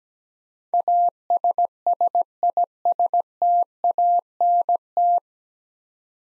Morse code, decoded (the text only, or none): ASSISTANT